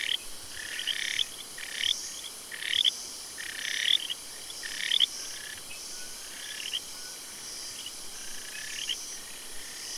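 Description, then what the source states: Frog calls, short bursts of raspy pulsed notes repeated about once a second, fading later, over steady hiss. Recorded 9 August 2015.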